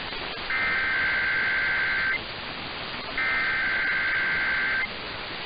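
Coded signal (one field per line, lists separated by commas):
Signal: Emergency Alert System (SAME) tones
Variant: header bursts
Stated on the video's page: Three Required Weekly Tests received on a Sunday morning.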